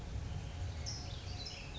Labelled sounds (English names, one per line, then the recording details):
California Towhee
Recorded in Sonoma County, California